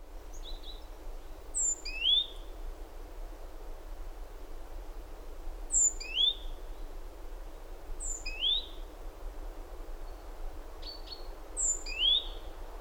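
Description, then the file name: Great tit calling in quick clusters of thin, high downslurred chirps, bursts repeated at irregular intervals over a soft noisy background. "Parus major"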